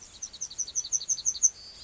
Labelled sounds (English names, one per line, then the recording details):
Yellowhammer song
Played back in grassland
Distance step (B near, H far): E
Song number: 000